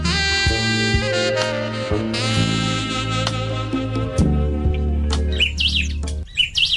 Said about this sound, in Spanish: El canto de los pájaros de nuestra Mendoza indica la hora.